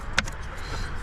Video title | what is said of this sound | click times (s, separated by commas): How to replace honda odyssey starter and brake bulb | push it in until it clicks | 0.2 s